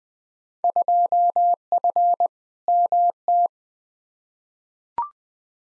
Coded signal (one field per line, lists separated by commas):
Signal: Morse code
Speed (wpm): 20 wpm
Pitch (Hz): 700 Hz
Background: none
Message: 2F MT